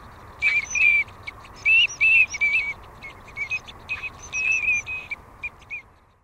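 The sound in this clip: Teal giving short, high whistled notes in quick bursts, several clipped calls close together then pauses, over a steady low rumbling background noise.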